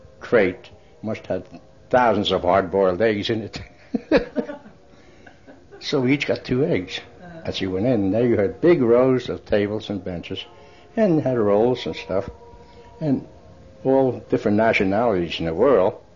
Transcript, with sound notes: crate, must had thousands of hard-boiled eggs in it. (laughs) So we each got two eggs. As you went in,. And there you had big rows of tables and benches, and had rolls and stuff, and all of the different nationalities in the world.